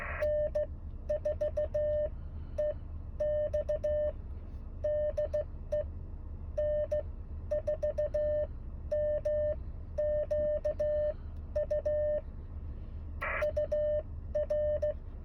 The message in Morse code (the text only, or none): N4EX DE N4MQU UR